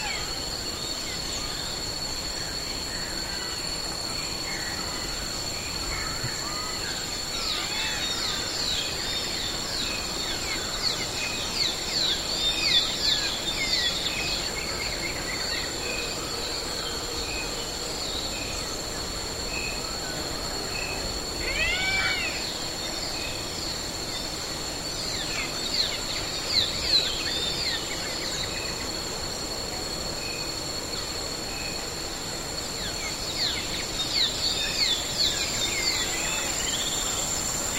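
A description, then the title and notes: Birds chirp softly through a jungle at sunrise, with bursts of quick, bright calls around 8–14 seconds, 22 seconds and near the end. Two steady high insect-like whines run throughout, over a low, even rustle that stays constant in the background. The calming sounds of a jungle at sunrise. The soft chirping of birds and rustling of leaves.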